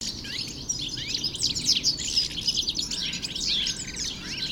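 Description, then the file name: European goldfinch twittering: fast, overlapping tinkling notes and buzzy trills, continuous and busy from start to finish. Recorded in Landshut Hofgarten on 3 February 2015. "Stieglitz 03 02 2015 Landshut Hofgarten Susanne Rieck"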